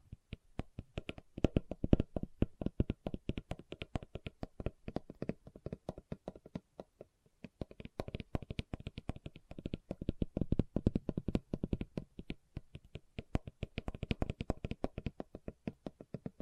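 Fingers tap and scratch on leather in a dense, irregular patter of sharp little clicks, many per second. A short pause comes around seven seconds, then the tapping resumes just as busy, with occasional louder knocks and a soft scratchy rasp beneath.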